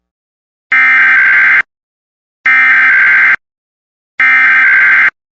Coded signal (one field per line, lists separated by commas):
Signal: Emergency Alert System (SAME) tones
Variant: header bursts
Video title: WEEKLIES ON THE ROAD... (EAS ALERTS 4030-4041 FROM 11/23/22)